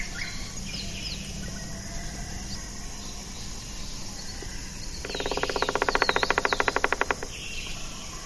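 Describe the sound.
Buff-rumped woodpecker call, a rapid even rattle of dry notes lasting about two seconds, with thin high whistles from other birds and a steady background hum.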